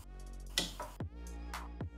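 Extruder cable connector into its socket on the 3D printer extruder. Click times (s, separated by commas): 0.6 s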